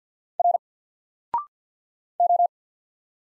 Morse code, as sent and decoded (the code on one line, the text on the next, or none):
.-. / ---
R O